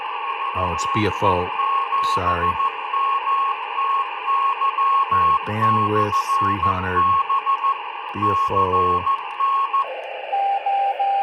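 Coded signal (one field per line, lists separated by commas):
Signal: Morse code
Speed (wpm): 14 wpm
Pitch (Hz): 1090 Hz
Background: speech, radio noise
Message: VE7MTY/B CN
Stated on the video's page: Bandscan on R&S EK070, AEG E800 and Harris 505 receivers.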